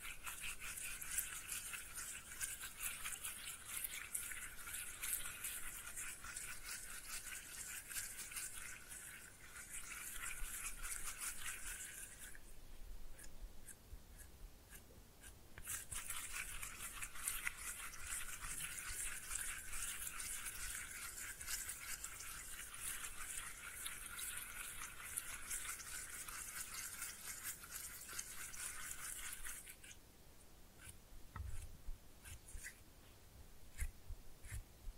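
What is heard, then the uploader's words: Slime being pressed and mixed, a dense run of bright, fine crackling and squishing that fills the upper range. The texture holds steady for long stretches, dropping to quieter, sparser clicks around 12–16 seconds and again after 30 seconds, with a low thump near 31 seconds. Slime No Talking (Pressing and Mixing).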